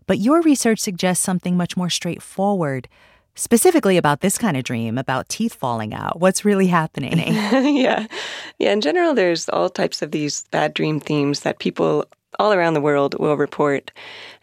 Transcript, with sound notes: But your research suggests something much more straightforward, specifically about this kind of dream, about teeth falling out. What's really happening?
(Laughter) Yeah. Yeah, in general, there's all types of these bad dream themes that people all around the world will report.